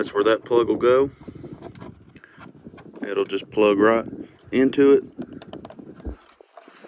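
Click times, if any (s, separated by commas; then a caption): none. Someone talks while a vehicle wiring plug is fumbled one-handed and lined up with the bottom-corner socket of a 9-inch LED halo headlight with start-up animation on a Jeep Wrangler JL/JT. Faint plastic taps and rattles come through between the words. The plug has not yet seated or clicked in.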